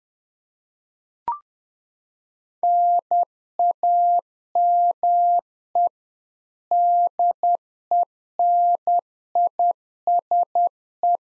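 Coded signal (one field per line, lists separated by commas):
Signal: Morse code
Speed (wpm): 10 wpm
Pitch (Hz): 700 Hz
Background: none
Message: NAME DENISE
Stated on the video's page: Practice QSO drill at 10wpm, beginning segment with RST, QTH and name; each segment sent in Morse, spoken, then sent again.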